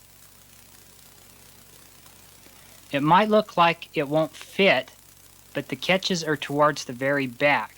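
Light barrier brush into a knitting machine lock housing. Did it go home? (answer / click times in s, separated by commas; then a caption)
no / none. A light barrier brush is lined up against a Passap knitting machine lock housing, with its catches towards the back, before being pushed home. After about three seconds of low steady hum, someone talks. Nothing has seated or clicked yet.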